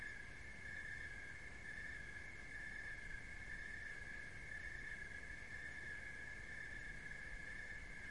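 Crickets give an unbroken high-pitched trill with soft beats, set against steady low rumbling noise.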